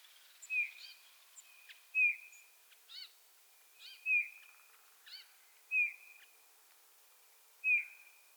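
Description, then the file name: Eurasian bullfinch giving soft, plaintive piping notes about every two seconds, with a few short harsher calls between them. "Pyrrhula pyrrhula"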